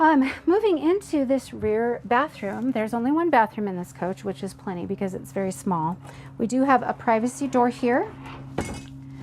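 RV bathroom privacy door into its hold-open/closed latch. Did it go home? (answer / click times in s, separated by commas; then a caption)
yes / 8.6 s. In a 2026 Winnebago Navion 24D coach, the rear bathroom privacy door is swung into its hold latch while someone talks. It catches with a single metallic chink at 8.6 seconds and is held in place so it won't swing open and bang while driving.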